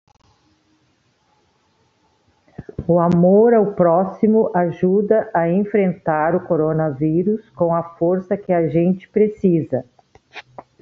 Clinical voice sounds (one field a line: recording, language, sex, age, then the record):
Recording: spoken sentence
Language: Brazilian Portuguese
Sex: female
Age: 60 to 69 years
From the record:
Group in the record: control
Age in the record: 66 years